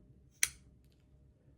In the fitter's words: and you got the Great Click so again thanks for joining me